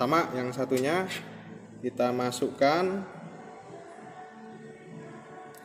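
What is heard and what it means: A crimped and soldered wire terminal for a motorcycle is handled as it is about to be pushed into a plastic connector housing, while someone talks over background music. Nothing has seated or clicked yet by the end of the clip.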